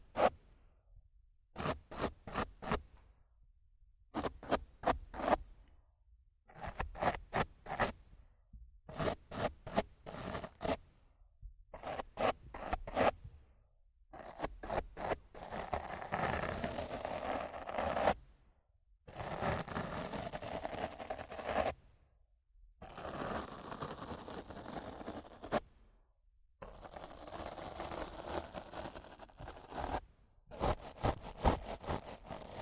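Rough scratching and brushing on a mic. The first half is short bursts of quick, sharp scrapes in clusters with silent gaps between; after about fifteen seconds it turns into longer, denser rubbing sweeps lasting a few seconds each, separated by brief pauses.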